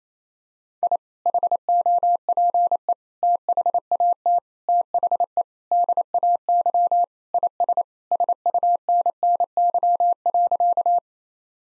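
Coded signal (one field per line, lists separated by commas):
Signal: Morse code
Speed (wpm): 28 wpm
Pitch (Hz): 700 Hz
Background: none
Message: I HOPE THAT THE DAY IS SUNNY.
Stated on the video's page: Morse practice at 28 wpm: sentences built from common two-word phrases for head-copy, each sent in Morse, spoken, then sent again.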